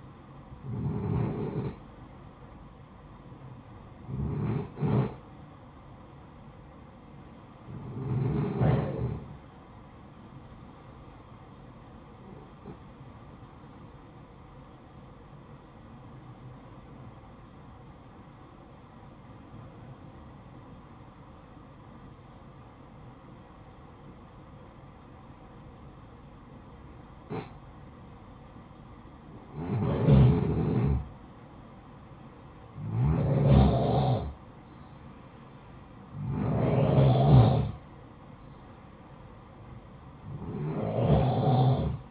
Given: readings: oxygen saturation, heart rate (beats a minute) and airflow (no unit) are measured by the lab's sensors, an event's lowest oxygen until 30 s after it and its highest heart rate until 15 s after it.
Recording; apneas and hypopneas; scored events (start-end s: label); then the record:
breathing in sleep by a smartphone at the bedside; 1
18.00-31.20 s: obstructive apnea (N1, oxygen 95% highest, then 91% lowest, heart rate 68 at the start, 68 highest)
From the record:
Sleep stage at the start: N1 (lightest sleep); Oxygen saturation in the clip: 91 to 95%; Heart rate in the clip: 59 to 68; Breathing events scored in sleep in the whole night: 573 in 9.8 hours asleep